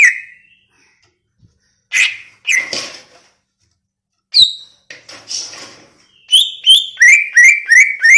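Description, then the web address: Greater green leafbird calls and song: scattered harsh, scratchy notes and a sharp whistle, then a fast, even series of bright sliding whistles. Banyuwangi; described as gacor (singing persistently). "cucak ijo banyuwangi"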